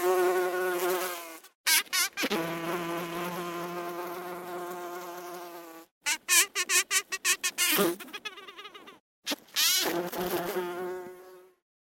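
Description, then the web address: Bee buzzing in a low drone that repeatedly stops and restarts, broken by several short bursts of sputtering, clicking buzz and brief gaps of silence. "пчела"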